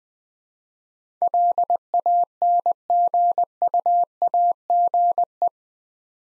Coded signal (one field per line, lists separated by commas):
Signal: Morse code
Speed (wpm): 20 wpm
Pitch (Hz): 700 Hz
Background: none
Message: LANGUAGE